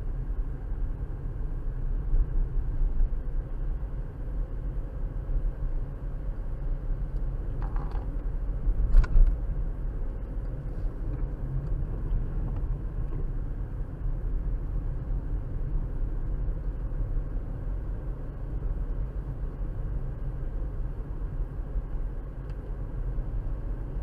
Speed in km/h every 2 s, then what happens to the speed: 42, 42, 44, 45, 47, 45, 42, 42, 44, 45, 47, 45.
0-24 steady at about 44.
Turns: none.